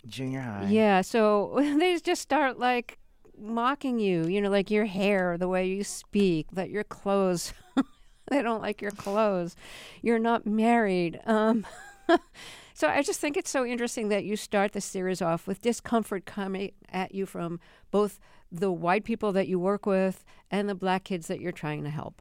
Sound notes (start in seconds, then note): 7.5 laughter; 11.6 laughter